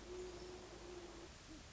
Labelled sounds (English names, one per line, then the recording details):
Great Horned Owl
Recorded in Sonoma County, California